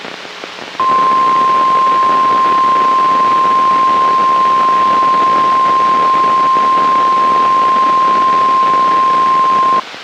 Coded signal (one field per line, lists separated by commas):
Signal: Emergency Alert System (SAME) tones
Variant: 1050 Hz attention tone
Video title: 2/8/23 Georgia Statewide Tornado Drill On WWH23 EAS#318